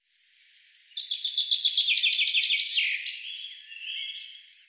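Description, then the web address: Bird song: a fast, slightly buzzy trill of high notes that tumbles downward, then trails off into softer fading phrases near the end. "Deverinetal 2025 File cleaned normalized Bird Fr Co"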